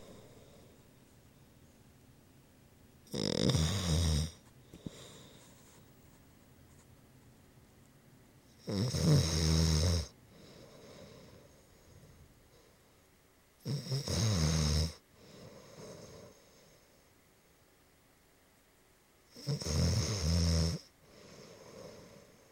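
An adult sleeper snoring: four loud, low-pitched, rattling snores about a second long, roughly 11 per minute, each followed by a softer breath.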